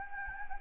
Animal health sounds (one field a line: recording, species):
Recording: mosquito wingbeat signal from an infrared sensor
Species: Anopheles gambiae